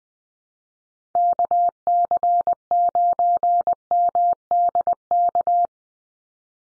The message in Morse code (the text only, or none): KC9MDK